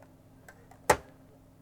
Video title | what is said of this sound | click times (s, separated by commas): The Olivetti M-10. The Italian cousin of the Tandy-102? Overview and mini refurb. | you can hear that snap down | 0.9 s